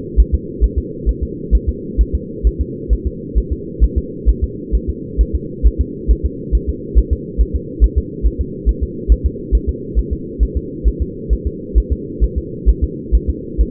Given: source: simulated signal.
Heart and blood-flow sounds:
fetal heart sounds
0.20 s: S1
0.35 s: S2
0.64 s: S1
0.78 s: S2
1.09 s: S1
1.23 s: S2
1.55 s: S1
1.69 s: S2
2.01 s: S1
2.15 s: S2
2.47 s: S1
2.61 s: S2
2.93 s: S1
3.07 s: S2
3.38 s: S1
3.53 s: S2
3.84 s: S1
3.98 s: S2
4.29 s: S1
4.44 s: S2
4.75 s: S1
4.90 s: S2
5.21 s: S1
5.35 s: S2
5.67 s: S1
5.81 s: S2
6.11 s: S1
6.25 s: S2
6.55 s: S1
6.69 s: S2
6.98 s: S1
7.13 s: S2
7.41 s: S1
7.56 s: S2
7.84 s: S1
7.98 s: S2
8.26 s: S1
8.41 s: S2
8.69 s: S1
8.83 s: S2
9.12 s: S1
9.26 s: S2
9.55 s: S1
9.69 s: S2
9.99 s: S1
10.13 s: S2
10.43 s: S1
10.57 s: S2
10.88 s: S1
11.02 s: S2
11.33 s: S1
11.47 s: S2
11.78 s: S1
11.92 s: S2
12.24 s: S1
12.38 s: S2
12.69 s: S1
12.84 s: S2
13.15 s: S1
13.30 s: S2
13.61 s: S1
From the record:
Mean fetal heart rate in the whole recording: 135 bpm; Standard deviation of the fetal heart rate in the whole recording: 3 bpm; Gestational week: 34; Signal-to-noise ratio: -4.1 dB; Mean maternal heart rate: no maternal heart sound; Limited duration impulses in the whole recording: absent

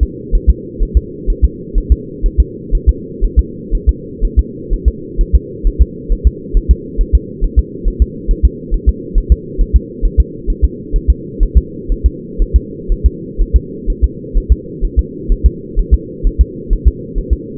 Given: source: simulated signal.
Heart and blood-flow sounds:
fetal heart sounds
0.03 s: S2
0.35 s: S1
0.50 s: S2
0.83 s: S1
0.97 s: S2
1.30 s: S1
1.44 s: S2
1.78 s: S1
1.92 s: S2
2.26 s: S1
2.40 s: S2
2.75 s: S1
2.89 s: S2
3.24 s: S1
3.39 s: S2
3.75 s: S1
3.89 s: S2
4.25 s: S1
4.39 s: S2
4.73 s: S1
4.88 s: S2
5.21 s: S1
5.35 s: S2
5.67 s: S1
5.81 s: S2
6.12 s: S1
6.27 s: S2
6.57 s: S1
6.71 s: S2
7.01 s: S1
7.15 s: S2
7.44 s: S1
7.59 s: S2
7.88 s: S1
8.02 s: S2
8.31 s: S1
8.45 s: S2
8.74 s: S1
8.89 s: S2
9.18 s: S1
9.32 s: S2
9.61 s: S1
9.76 s: S2
10.05 s: S1
10.20 s: S2
10.50 s: S1
10.64 s: S2
10.96 s: S1
11.10 s: S2
11.43 s: S1
11.57 s: S2
11.92 s: S1
12.06 s: S2
12.42 s: S1
12.56 s: S2
12.92 s: S1
13.06 s: S2
13.41 s: S1
13.56 s: S2
13.90 s: S1
14.04 s: S2
14.37 s: S1
14.52 s: S2
14.85 s: S1
14.99 s: S2
15.32 s: S1
15.46 s: S2
15.79 s: S1
15.94 s: S2
16.27 s: S1
16.41 s: S2
16.73 s: S1
16.88 s: S2
17.18 s: S1
17.33 s: S2
From the record:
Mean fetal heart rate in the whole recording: 130 bpm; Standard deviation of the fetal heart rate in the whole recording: 4 bpm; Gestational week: 38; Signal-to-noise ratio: -4.1 dB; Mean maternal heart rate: no maternal heart sound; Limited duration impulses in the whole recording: absent

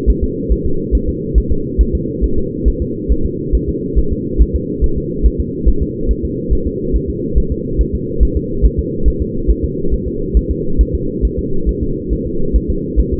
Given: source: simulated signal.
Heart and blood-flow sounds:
fetal heart sounds
0.10 s: S1
0.24 s: S2
0.52 s: S1
0.66 s: S2
0.95 s: S1
1.09 s: S2
1.38 s: S1
1.52 s: S2
1.81 s: S1
1.95 s: S2
2.24 s: S1
2.38 s: S2
2.68 s: S1
2.82 s: S2
3.12 s: S1
3.26 s: S2
3.55 s: S1
3.69 s: S2
3.99 s: S1
4.13 s: S2
4.41 s: S1
4.56 s: S2
4.84 s: S1
4.98 s: S2
5.26 s: S1
5.40 s: S2
5.69 s: S1
5.83 s: S2
6.11 s: S1
6.25 s: S2
6.53 s: S1
6.67 s: S2
6.96 s: S1
7.10 s: S2
7.38 s: S1
7.52 s: S2
7.81 s: S1
7.95 s: S2
8.23 s: S1
8.37 s: S2
8.65 s: S1
8.79 s: S2
9.08 s: S1
9.22 s: S2
9.50 s: S1
9.65 s: S2
9.94 s: S1
10.08 s: S2
10.37 s: S1
10.51 s: S2
10.81 s: S1
10.95 s: S2
11.25 s: S1
11.39 s: S2
11.69 s: S1
11.83 s: S2
12.13 s: S1
12.27 s: S2
12.56 s: S1
12.70 s: S2
13.00 s: S1
13.14 s: S2
From the record:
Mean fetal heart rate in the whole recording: 140 bpm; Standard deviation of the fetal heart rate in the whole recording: 2 bpm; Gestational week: 34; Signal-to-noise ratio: -8.1 dB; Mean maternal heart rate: 72 bpm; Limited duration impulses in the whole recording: present

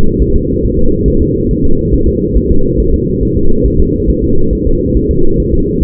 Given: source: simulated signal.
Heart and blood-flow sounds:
fetal heart sounds
0.22 s: S1
0.36 s: S2
0.65 s: S1
0.79 s: S2
1.08 s: S1
1.22 s: S2
1.51 s: S1
1.65 s: S2
1.94 s: S1
2.08 s: S2
2.37 s: S1
2.51 s: S2
2.80 s: S1
2.94 s: S2
3.23 s: S1
3.37 s: S2
3.66 s: S1
3.80 s: S2
4.10 s: S1
4.24 s: S2
4.53 s: S1
4.67 s: S2
4.97 s: S1
5.11 s: S2
5.40 s: S1
5.54 s: S2
5.83 s: S1
From the record:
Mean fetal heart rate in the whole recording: 140 bpm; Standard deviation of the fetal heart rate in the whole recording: 2 bpm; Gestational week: 34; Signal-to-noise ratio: -19.1 dB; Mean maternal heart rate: 72 bpm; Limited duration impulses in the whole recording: present

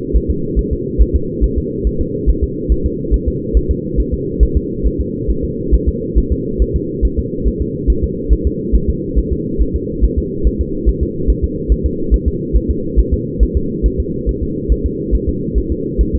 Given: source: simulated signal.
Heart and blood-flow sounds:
fetal heart sounds
0.16 s: S1
0.31 s: S2
0.59 s: S1
0.73 s: S2
1.02 s: S1
1.16 s: S2
1.44 s: S1
1.58 s: S2
1.87 s: S1
2.01 s: S2
2.29 s: S1
2.44 s: S2
2.72 s: S1
2.86 s: S2
3.14 s: S1
3.28 s: S2
3.57 s: S1
3.71 s: S2
4.00 s: S1
4.14 s: S2
4.43 s: S1
4.57 s: S2
4.87 s: S1
5.01 s: S2
5.30 s: S1
5.45 s: S2
5.75 s: S1
5.88 s: S2
6.18 s: S1
6.32 s: S2
6.62 s: S1
6.76 s: S2
7.05 s: S1
7.19 s: S2
7.47 s: S1
7.62 s: S2
7.90 s: S1
8.04 s: S2
8.33 s: S1
8.47 s: S2
8.76 s: S1
8.89 s: S2
9.18 s: S1
9.33 s: S2
9.62 s: S1
9.76 s: S2
10.04 s: S1
10.18 s: S2
10.47 s: S1
10.61 s: S2
10.89 s: S1
11.03 s: S2
11.30 s: S1
11.44 s: S2
11.72 s: S1
11.86 s: S2
12.14 s: S1
12.28 s: S2
12.57 s: S1
12.71 s: S2
13.00 s: S1
13.14 s: S2
13.43 s: S1
13.57 s: S2
13.86 s: S1
14.00 s: S2
14.29 s: S1
14.43 s: S2
14.72 s: S1
14.86 s: S2
15.15 s: S1
15.29 s: S2
15.58 s: S1
15.72 s: S2
16.01 s: S1
16.15 s: S2
From the record:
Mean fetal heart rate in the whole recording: 140 bpm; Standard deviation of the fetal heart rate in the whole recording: 2 bpm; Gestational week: 34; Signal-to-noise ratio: -6.6 dB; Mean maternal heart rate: 72 bpm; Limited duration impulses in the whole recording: present

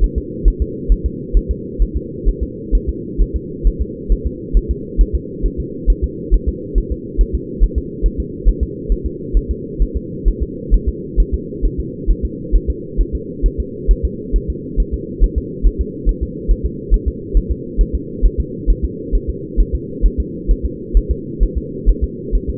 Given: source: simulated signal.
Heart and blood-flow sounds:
fetal heart sounds
0.04 s: S1
0.18 s: S2
0.48 s: S1
0.62 s: S2
0.92 s: S1
1.06 s: S2
1.37 s: S1
1.51 s: S2
1.82 s: S1
1.97 s: S2
2.29 s: S1
2.43 s: S2
2.75 s: S1
2.89 s: S2
3.22 s: S1
3.36 s: S2
3.67 s: S1
3.81 s: S2
4.12 s: S1
4.27 s: S2
4.57 s: S1
4.71 s: S2
5.01 s: S1
5.15 s: S2
5.46 s: S1
5.60 s: S2
5.90 s: S1
6.04 s: S2
6.34 s: S1
6.49 s: S2
6.78 s: S1
6.92 s: S2
7.21 s: S1
7.35 s: S2
7.63 s: S1
7.78 s: S2
8.06 s: S1
8.20 s: S2
8.49 s: S1
8.63 s: S2
8.92 s: S1
9.06 s: S2
9.37 s: S1
9.51 s: S2
9.82 s: S1
9.96 s: S2
10.28 s: S1
10.43 s: S2
10.74 s: S1
10.89 s: S2
11.20 s: S1
11.34 s: S2
11.65 s: S1
11.80 s: S2
12.11 s: S1
12.25 s: S2
12.56 s: S1
12.70 s: S2
13.01 s: S1
13.15 s: S2
13.46 s: S1
13.60 s: S2
13.91 s: S1
14.05 s: S2
14.36 s: S1
14.50 s: S2
14.80 s: S1
14.94 s: S2
15.24 s: S1
15.38 s: S2
15.66 s: S1
15.81 s: S2
16.09 s: S1
16.23 s: S2
16.51 s: S1
16.66 s: S2
16.94 s: S1
17.08 s: S2
17.37 s: S1
17.51 s: S2
17.81 s: S1
17.95 s: S2
18.25 s: S1
18.40 s: S2
18.70 s: S1
18.84 s: S2
19.15 s: S1
19.30 s: S2
19.60 s: S1
19.75 s: S2
20.06 s: S1
20.20 s: S2
20.51 s: S1
20.66 s: S2
20.97 s: S1
21.11 s: S2
21.43 s: S1
21.57 s: S2
21.89 s: S1
22.04 s: S2
22.35 s: S1
22.50 s: S2
From the record:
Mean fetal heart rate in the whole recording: 135 bpm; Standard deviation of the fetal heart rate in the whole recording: 3 bpm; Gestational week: 36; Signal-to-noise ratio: -4.1 dB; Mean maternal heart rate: no maternal heart sound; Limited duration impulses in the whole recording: absent

